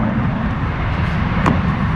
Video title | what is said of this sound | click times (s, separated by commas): 2002-2009 GMC Envoy Windshield Wiper Motor Assembly Replacement | you hear that thing click | 1.5 s